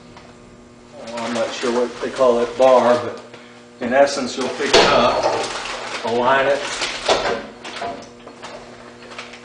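Someone talks while the dust collection bin (or bag cart) of a Felder RL160 dust collector is lined up under the extractor and lifted toward position on its metal housing, over a steady low hum with brief knocks near 0.2 s and 9.2 s. The bin is still being handled; nothing has seated or latched yet.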